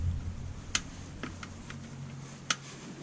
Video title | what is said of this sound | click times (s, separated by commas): 2014 Ford Explorer - Oil Change | You can hear it already snapping. | 0.8 s, 2.5 s